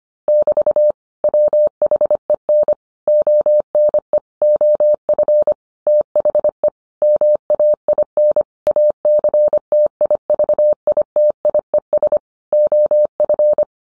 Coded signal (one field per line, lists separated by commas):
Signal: Morse code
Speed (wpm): 25 wpm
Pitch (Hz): 600 Hz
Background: none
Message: <BT> WHEN ONE OF THE MAIN ACTIVITIES OF